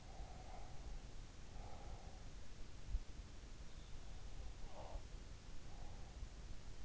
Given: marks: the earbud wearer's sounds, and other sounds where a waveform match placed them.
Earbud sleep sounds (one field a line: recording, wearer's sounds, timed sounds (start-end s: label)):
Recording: sounds in sleep by an in-ear microphone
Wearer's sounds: breath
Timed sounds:
0.04-2.47 s: breath
4.38-6.48 s: sound from someone else or the room